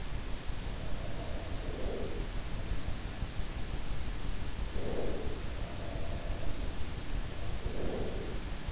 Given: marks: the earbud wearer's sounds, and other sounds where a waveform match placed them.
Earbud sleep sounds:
sounds in sleep by an in-ear microphone; breath
0.65-2.75 s: sound from someone else or the room
1.43-2.45 s: breath
4.57-5.46 s: breath
5.46-7.80 s: sound from someone else or the room
7.43-8.72 s: breath

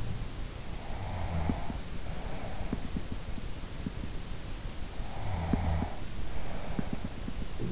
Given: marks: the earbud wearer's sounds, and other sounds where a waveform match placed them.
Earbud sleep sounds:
sounds in sleep by an in-ear microphone; snoring breath
0.60-3.80 s: snoring breath
5.14-7.72 s: snoring breath

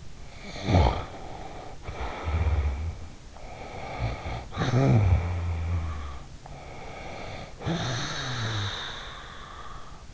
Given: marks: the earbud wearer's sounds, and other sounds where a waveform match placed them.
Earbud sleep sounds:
sounds in sleep by an in-ear microphone; snoring breath
0.31-3.26 s: snoring breath
3.37-6.42 s: snoring breath
6.52-10.14 s: snoring breath

